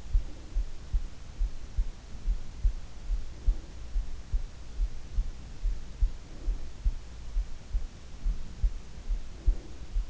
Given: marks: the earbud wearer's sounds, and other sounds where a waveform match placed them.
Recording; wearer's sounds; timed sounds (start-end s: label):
sounds in sleep by an in-ear microphone; breath
0.00-1.03 s: breath
2.93-3.97 s: breath
6.11-6.97 s: breath
9.12-10.10 s: breath